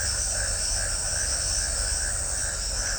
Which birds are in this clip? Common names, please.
none